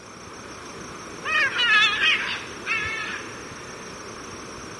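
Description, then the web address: Military macaw uttering two bursts of coarse, rolling squawks, the first longer and louder, then quiet apart from a steady high background tone. Recorded in Ecuador. "Birds of Ecuador. Military Macaw"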